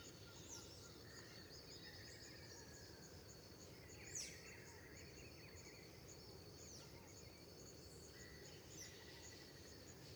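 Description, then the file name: Cricket chirping as a steady high pulsed trill beneath scattered bird whistles and calls, with a constant low rumble throughout. Dawn ambience in Terra Ronca park, with various birds and a distant river off to the right; recorded in AB stereo. "Ambiencia parque terra ronca amanhecer periquitos e varios passaros, grilos, rio longe a direita, gravacao em ab"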